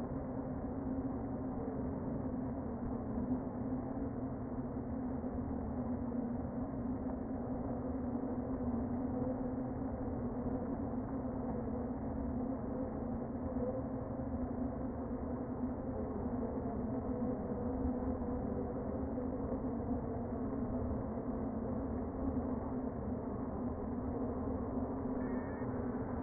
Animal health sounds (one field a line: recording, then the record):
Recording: honeybee colony, microphone inside the hive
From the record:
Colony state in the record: queen present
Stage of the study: before two queens were removed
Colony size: about 60,000 bees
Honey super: yes